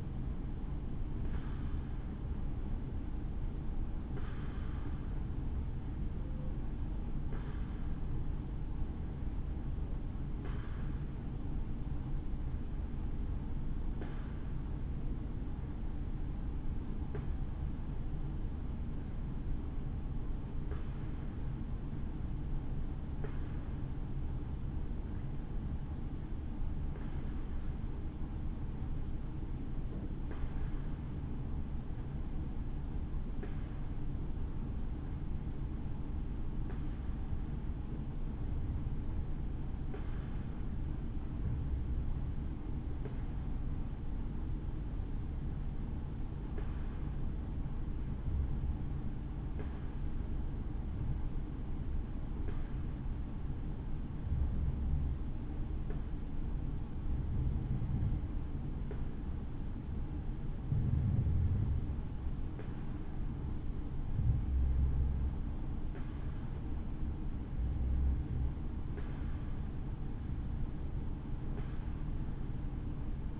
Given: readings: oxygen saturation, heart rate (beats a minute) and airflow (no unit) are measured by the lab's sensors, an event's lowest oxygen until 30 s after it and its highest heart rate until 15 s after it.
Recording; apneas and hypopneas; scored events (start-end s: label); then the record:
breathing in sleep by a smartphone at the bedside; 1
15.00-73.40 s: new sleep stage, N2 (light sleep)
19.00-61.40 s: hypopnea (N2, oxygen 95% highest, then 92% lowest, heart rate 66 at the start, 66 highest)
From the record:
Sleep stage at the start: N1 (lightest sleep); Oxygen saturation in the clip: 92 to 95%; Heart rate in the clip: 61 to 68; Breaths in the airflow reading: 22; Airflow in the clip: -6.4 to 6.0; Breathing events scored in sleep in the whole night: 216 in 7.0 hours asleep